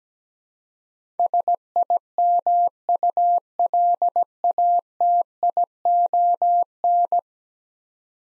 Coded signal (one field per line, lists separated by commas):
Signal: Morse code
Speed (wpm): 17 wpm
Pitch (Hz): 700 Hz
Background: none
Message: SIMULATION